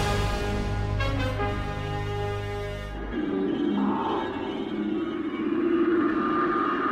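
Early electronic music made in 1957 by composer Luciano Berio, played on an Italian radio program: a sustained, harmonically rich synthetic drone holds for about three seconds, then gives way to a churning, noisy texture with warbling mid-range tones that swell and fade.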